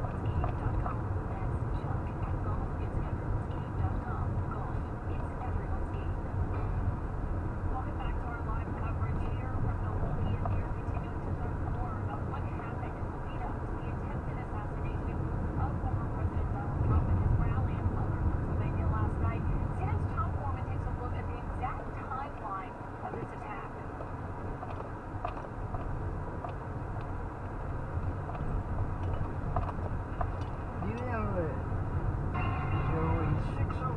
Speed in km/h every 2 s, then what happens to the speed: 26, 27, 27, 24, 23, 21, 27, 27, 27, 23, 10, 3, 8, 11, 13, 16, 21.
4-10 slows to 21. 10-12 speeds up to 27. 16-21 brakes to 3. 29-34 speeds up to 21.